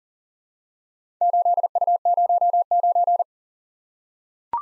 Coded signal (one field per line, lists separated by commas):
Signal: Morse code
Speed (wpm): 39 wpm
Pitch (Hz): 700 Hz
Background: none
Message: 8U09